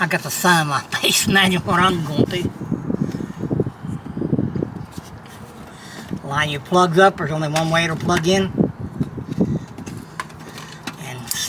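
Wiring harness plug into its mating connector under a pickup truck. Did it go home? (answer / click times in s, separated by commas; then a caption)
yes / 11.3 s. Someone talks while lining up a keyed wiring harness plug that fits only one way with its mating connector under a 2000 Ford Ranger XLT pickup truck, then pushes the two together. A sharp click at 11.3 s marks the connector seating into place.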